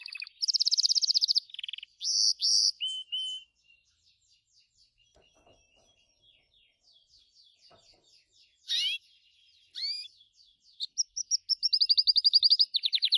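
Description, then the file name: Gloster canary singing loud rolling trills and whistled notes, a quiet soft-twitter pause in the middle, then a rapid trill resumes at the end. "canto do canario gloster"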